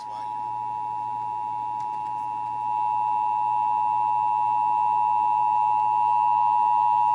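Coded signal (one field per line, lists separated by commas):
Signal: Emergency Alert System (SAME) tones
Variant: 853 and 960 Hz attention tone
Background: speech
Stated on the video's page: Texas required monthly test, heard on several radio and TV stations.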